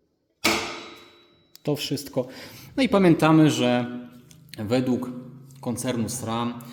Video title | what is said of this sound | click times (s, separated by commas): Jak dobrać długość łańcucha? Tutorial | need to do is lightly tap the crank so that the links snap into place. | 0.5 s